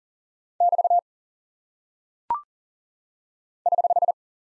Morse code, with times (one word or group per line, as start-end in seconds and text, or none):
0.6-1.0 <BT>
3.7-4.1 <HH>